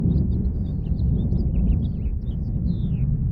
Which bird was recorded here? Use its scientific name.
Haemorhous mexicanus